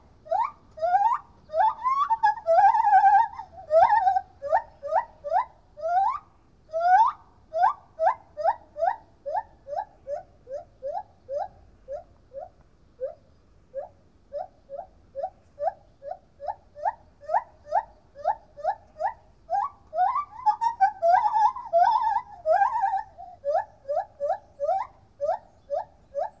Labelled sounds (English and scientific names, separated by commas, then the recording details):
Lar Gibbon (Hylobates lar)
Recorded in captivity
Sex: male
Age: adult
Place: Tierpark Berlin, Berlin, DE
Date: 1969-08-26
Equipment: Uher 4200 Report Stereo, Transistorverstärker II, Sennheiser MD 421, Doppelspuraufnahme
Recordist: Tembrock, Günter